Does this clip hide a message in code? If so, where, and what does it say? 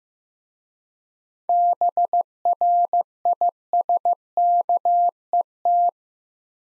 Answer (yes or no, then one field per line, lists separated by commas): yes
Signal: Morse code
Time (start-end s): 1.5-5.9 s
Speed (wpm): 15 wpm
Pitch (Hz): 700 Hz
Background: none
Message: BRISKET